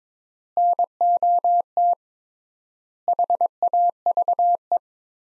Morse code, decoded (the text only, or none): NOT HAVE